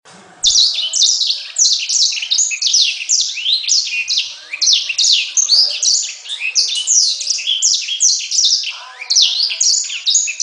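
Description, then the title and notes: Bird song, rapid high-pitched chattering phrases packed closely together, repeated sweeps and trills running nonstop for about ten seconds after a brief quiet start. Birdsong recording meant for training pet birds. "Suara Kicauan Burung untuk memaster burung kesayangan"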